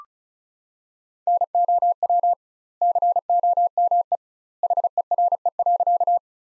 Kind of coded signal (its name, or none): Morse code